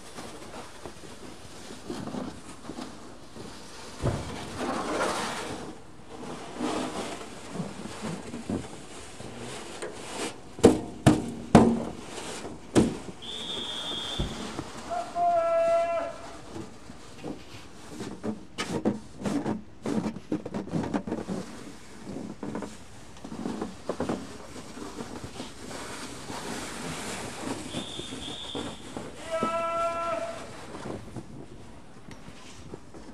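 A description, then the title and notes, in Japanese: Snow being cleared, with irregular scraping and dull thuds over a steady low rumble. Sharp knocks cluster around 10–12 seconds and again near 17–20. A brief high tone followed by a stepped chirping call appears near 13–16 seconds and repeats around 28–30. 湯治場ラジオ 雪下ろしASMR。村井六助さんでの雪下ろしの音を配信します。会話はありません。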